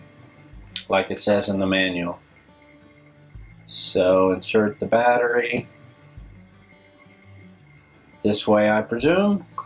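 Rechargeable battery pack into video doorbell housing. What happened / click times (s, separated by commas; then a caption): No seating click; battery only being lined up / none. A rechargeable battery pack is turned and lined up with the battery slot of a Ring Video Doorbell 2 housing before being pushed home, while someone talks over faint background noise. Nothing has seated or clicked yet.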